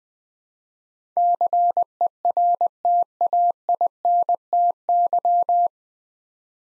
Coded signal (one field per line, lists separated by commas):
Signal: Morse code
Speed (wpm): 20 wpm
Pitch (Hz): 700 Hz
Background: none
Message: CERTAINTY